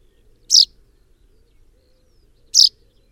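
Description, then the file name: Common chaffinch giving two crisp, bright call notes about two seconds apart against a quiet background. "Fringilla coelebs"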